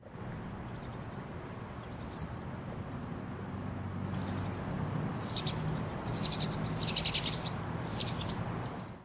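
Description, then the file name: Pine siskin calls: thin, high notes sliding downward and repeated in a loose series, then a few buzzy bursts, over a steady low rumble. "Carduelis pinus - Pine Siskin"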